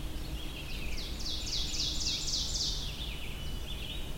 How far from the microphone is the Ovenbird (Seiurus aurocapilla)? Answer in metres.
about 45 m